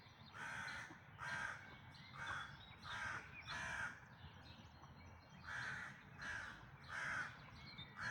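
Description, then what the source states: Bird calling with rough, grating caws, spaced unevenly with a brief pause midway, set against a steady low rumble. Dawn chorus recorded in May 2026.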